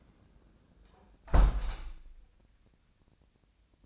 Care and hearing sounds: daily activity, microphone in the room; close window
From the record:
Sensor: 2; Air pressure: 1012.2 hPa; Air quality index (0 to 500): 122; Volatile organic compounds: 1 ppm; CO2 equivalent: 902 ppm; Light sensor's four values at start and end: 109/262/108/107 and 111/265/109/108

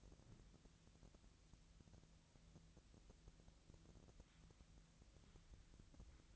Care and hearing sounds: daily activity, microphone in the room; wipe stove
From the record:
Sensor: 3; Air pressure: 1001.6 hPa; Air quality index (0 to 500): 223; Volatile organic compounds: 30 ppm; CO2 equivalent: 2959 ppm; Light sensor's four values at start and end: 11/33/14/12 and 11/33/14/12

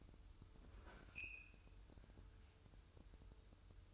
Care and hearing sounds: daily activity, microphone in the room; open fridge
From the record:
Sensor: 2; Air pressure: 988.3 hPa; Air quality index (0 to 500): 191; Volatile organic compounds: 188 ppm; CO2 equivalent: 4171 ppm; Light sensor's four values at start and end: 21/70/27/26 and 21/70/27/26

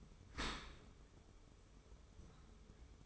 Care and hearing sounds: daily activity, microphone in the room; open dishwasher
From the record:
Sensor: 1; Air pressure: 1015.0 hPa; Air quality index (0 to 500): 26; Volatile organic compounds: 1 ppm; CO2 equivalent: 506 ppm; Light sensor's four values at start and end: 13/30/12/14 and 13/30/12/14

